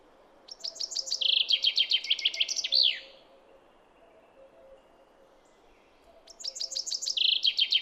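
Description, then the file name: Common chaffinch song: a series of sharp notes running into a rattling trill and ending in a flourish, with a second song starting after a pause. "Fringilla coelebs"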